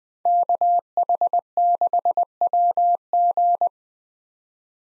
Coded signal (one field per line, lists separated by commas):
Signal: Morse code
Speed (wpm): 20 wpm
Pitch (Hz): 700 Hz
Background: none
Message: KH6WG